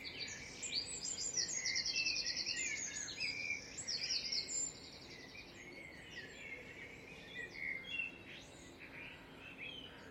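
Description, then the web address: Birds: bird dawn chorus with dense layered songs, loud rapid trills and chirps in the first half, then quieter scattered twitters, with a steady low hum beneath. "birds singing dawn chorus birdsong"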